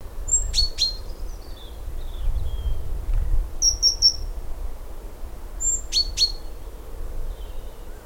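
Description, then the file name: Great tit calls, a pair of sharp ringing double notes at the start and again after a pause, with brief high chirps in between. "Parus major"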